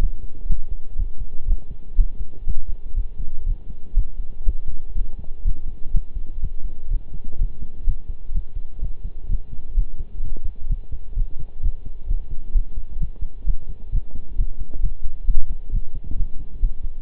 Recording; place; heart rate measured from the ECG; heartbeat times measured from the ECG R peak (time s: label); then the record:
heart sounds by stethoscope; between the tricuspid and mitral areas; 126 bpm
0.01 s: heartbeat
0.50 s: heartbeat
0.99 s: heartbeat
1.48 s: heartbeat
1.98 s: heartbeat
2.47 s: heartbeat
2.97 s: heartbeat
3.46 s: heartbeat
3.96 s: heartbeat
4.46 s: heartbeat
4.95 s: heartbeat
5.45 s: heartbeat
5.94 s: heartbeat
6.42 s: heartbeat
6.91 s: heartbeat
7.39 s: heartbeat
7.87 s: heartbeat
8.34 s: heartbeat
8.82 s: heartbeat
9.29 s: heartbeat
9.77 s: heartbeat
10.23 s: heartbeat
10.70 s: heartbeat
11.16 s: heartbeat
11.63 s: heartbeat
12.08 s: heartbeat
12.55 s: heartbeat
13.01 s: heartbeat
13.46 s: heartbeat
13.92 s: heartbeat
14.38 s: heartbeat
14.83 s: heartbeat
15.27 s: heartbeat
15.72 s: heartbeat
16.17 s: heartbeat
16.62 s: heartbeat
From the record:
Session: pedaling a stationary bicycle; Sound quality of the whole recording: partially saturated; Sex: male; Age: 23 years